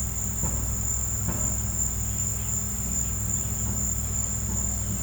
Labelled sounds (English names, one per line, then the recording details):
none
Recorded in pastures near Puerto Asís, Putumayo, Colombia, on 16 December 2024 at 14:00
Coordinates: 0.466, -76.322
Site G040